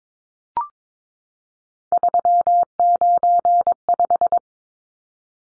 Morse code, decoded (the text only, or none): 395